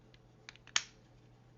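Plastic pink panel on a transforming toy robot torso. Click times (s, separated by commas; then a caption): 0.8 s. A plastic pink panel of a transforming combiner toy robot (Transformers Generations Selects King Poseidon) is swung back up into the torso, with a few faint plastic ticks before it. A sharp, loud click at 0.8 s marks the pink piece locking home. The piece is seated.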